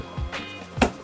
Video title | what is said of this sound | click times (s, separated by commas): Building a $1,500 PC - Workstation & Gaming | there we go that clicked click | 0.8 s